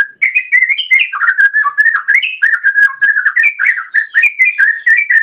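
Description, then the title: Oriental magpie-robin singing a continuous, rich run of whistled notes that slide up and down. "Kicau Kacer"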